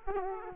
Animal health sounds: mosquito wingbeat signal from an infrared sensor; Aedes aegypti

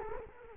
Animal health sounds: mosquito wingbeat signal from an infrared sensor; Culex quinquefasciatus

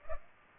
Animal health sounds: mosquito wingbeat signal from an infrared sensor; Culex pipiens

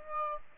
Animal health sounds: mosquito wingbeat signal from an infrared sensor; Aedes aegypti

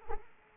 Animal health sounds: mosquito wingbeat signal from an infrared sensor; Culex quinquefasciatus

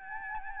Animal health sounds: mosquito wingbeat signal from an infrared sensor; Aedes albopictus

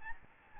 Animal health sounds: mosquito wingbeat signal from an infrared sensor; Aedes albopictus

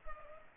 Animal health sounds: mosquito wingbeat signal from an infrared sensor; Culex pipiens

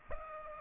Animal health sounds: mosquito wingbeat signal from an infrared sensor; Aedes aegypti

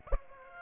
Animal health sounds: mosquito wingbeat signal from an infrared sensor; Aedes aegypti

